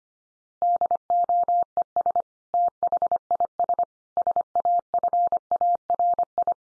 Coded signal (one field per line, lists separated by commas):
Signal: Morse code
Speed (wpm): 25 wpm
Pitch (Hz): 700 Hz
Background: none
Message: DOES THIS SAFARI